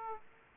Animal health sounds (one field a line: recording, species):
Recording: mosquito wingbeat signal from an infrared sensor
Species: Aedes aegypti